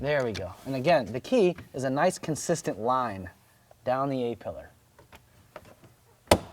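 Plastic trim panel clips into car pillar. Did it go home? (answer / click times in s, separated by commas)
yes / 5.6 s, 6.3 s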